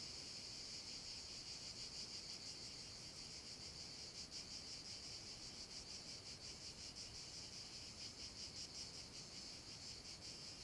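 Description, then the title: Cicadas in a continuous high buzzing chorus with a faint pulsing texture, steady throughout, over soft low rumble. Cicadas in an abandoned quarry, with wind; recorded with a Zoom H6 and MS capsule. "Cava abbandonata - Vento e cicale nella cava"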